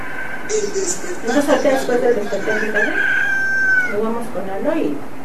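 bird, rooster crowing

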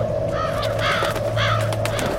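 bird, crows cawing

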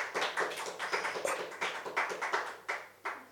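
crowd, audience applause

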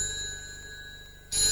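signal or alarm, telephone ringing

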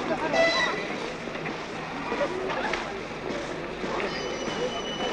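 vehicle, train arriving at station

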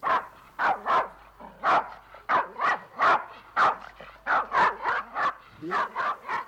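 animal, puppy barking

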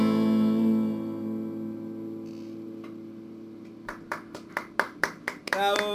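crowd, applause from people

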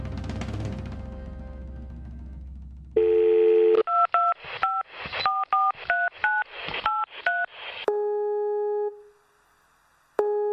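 signal or alarm, telephone keypad dialing tones

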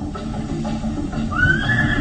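animal, horses neighing

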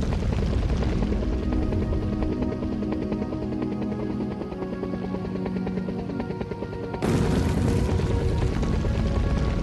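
vehicle, helicopter flying away

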